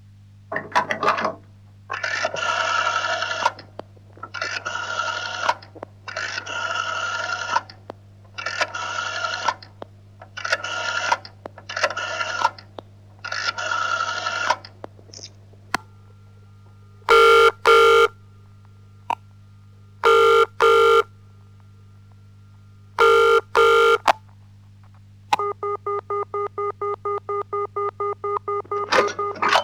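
A phone line plays a run of steady, evenly spaced electronic bursts, then a few short dialing tones, ending with a regular pulsing ring tone, with a constant low hum throughout and no voices.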